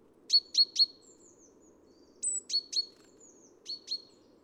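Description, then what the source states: Great Tit calling with a run of three crisp chinking notes, then thin descending whistles and further paired notes, over a low steady background noise. Recorded at Neudarss; date code 130203, 3 February 2013.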